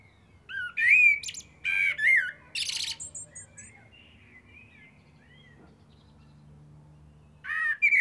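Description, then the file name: Common blackbird song phrase of rich slurred whistles ending in scratchy high twitters, then a long pause before another phrase begins. "Turdus merula"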